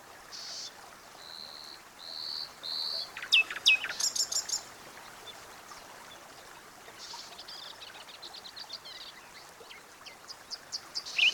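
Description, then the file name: Common nightingale song: faint drawn-out whistles, then a loud burst of sharp clicking notes and rapid high pulses, followed by softer scattered chirps and whistles. "Luscinia megarhynchos"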